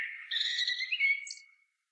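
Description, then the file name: Common blackbird giving one short, fluty warbled phrase that fades into a thin, high squeak. "Turdus merula"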